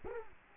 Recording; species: mosquito wingbeat signal from an infrared sensor; Culex quinquefasciatus